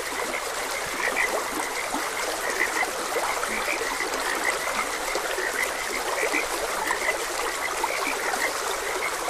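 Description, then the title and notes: Frogs croaking in a steady chorus of short high notes, over a stream trickling without a break. Frogs croaking beside a gentle stream; calming nature sounds. "Gentle Stream and Frogs Croaking - Calming Sounds of Nature. Sleep and Relaxation Podcast"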